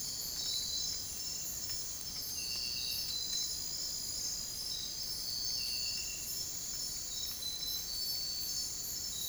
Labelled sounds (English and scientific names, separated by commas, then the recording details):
none
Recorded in dense forest near Puerto Asís, Putumayo, Colombia, on 22 June 2025 at 03:00
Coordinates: 0.503, -76.323
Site G059